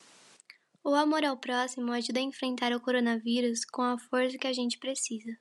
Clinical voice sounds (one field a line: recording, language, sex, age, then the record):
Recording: spoken sentence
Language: Brazilian Portuguese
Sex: female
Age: 18 to 19 years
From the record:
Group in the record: control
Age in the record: 18 years